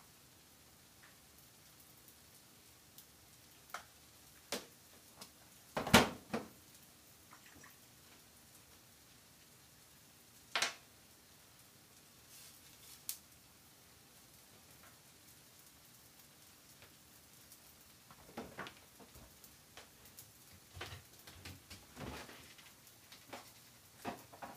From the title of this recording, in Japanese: 大阪名物キャベツ焼き